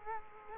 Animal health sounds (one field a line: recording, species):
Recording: mosquito wingbeat signal from an infrared sensor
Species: Culex quinquefasciatus